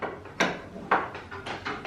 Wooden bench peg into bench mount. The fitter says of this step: so dass dieser jetzt dort einrastet und das Ganze auch abnehmbar ist